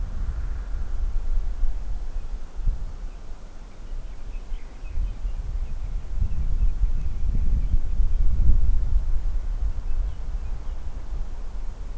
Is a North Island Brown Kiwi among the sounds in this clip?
no